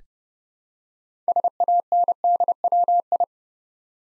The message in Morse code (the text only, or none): SANDWI